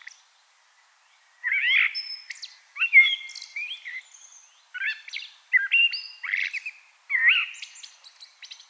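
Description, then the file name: Common blackbird song: a run of rich, whistled warbling phrases, each trailing into high, squeaky twittering notes. "Turdus merula"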